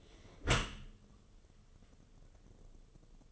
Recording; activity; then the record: daily activity, microphone in the room; close dishwasher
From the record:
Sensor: 4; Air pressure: 1015.8 hPa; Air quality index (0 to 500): 96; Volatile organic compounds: 2 ppm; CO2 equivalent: 1072 ppm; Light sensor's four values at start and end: 8/18/7/7 and 8/18/7/7